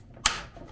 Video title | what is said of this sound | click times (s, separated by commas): Vw T5,T6 Fitting Rear Number Plate LED Lights And Light Housings Campervan | it should click into place | 0.3 s